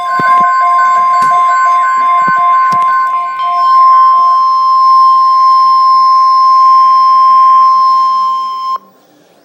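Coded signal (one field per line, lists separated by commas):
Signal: Emergency Alert System (SAME) tones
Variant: 1050 Hz attention tone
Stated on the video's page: Tornado Watch alert covering the uploader's county.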